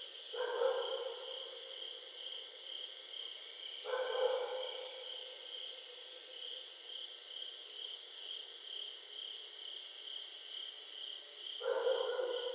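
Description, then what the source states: Barred owl calling in three short bursts several seconds apart, low hooting notes set against a constant high-pitched hum. Recorded on 20 July 2012.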